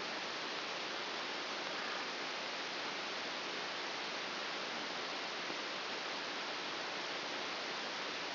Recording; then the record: brain microelectrode recording played as sound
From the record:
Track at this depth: outside the subthalamic nucleus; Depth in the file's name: 5.201 mm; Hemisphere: right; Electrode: 2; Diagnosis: Parkinson's disease